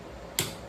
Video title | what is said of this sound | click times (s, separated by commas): Marketplace place came in CLUTCH!! And working on a Twin Turbo X5 M | You hear me click. | 0.4 s